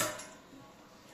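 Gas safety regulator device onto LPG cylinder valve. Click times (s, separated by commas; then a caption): 0.0 s. A gas safety regulator device is locked onto an LPG cylinder valve: with its strap lifted, the device is placed directly on the valve, then the strap is pressed down. A single sharp click is heard at 0.0 s, then fades into a quiet tail. The button comes on, confirming the device is seated correctly.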